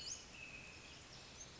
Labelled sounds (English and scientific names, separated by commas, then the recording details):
Western Flycatcher (Empidonax difficilis)
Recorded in Sonoma County, California